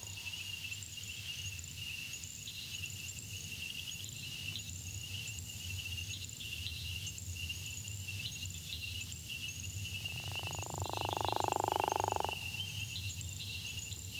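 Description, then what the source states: Gopher frog giving one low, rasping snore lasting about two seconds near the end, over a steady high insect chorus. Florida, statewide in dry sandy habitats; lives in gopher tortoise burrows outside breeding season; breeds winter and early spring in north, after heavy May–June rains in south; call is a distinctive snore.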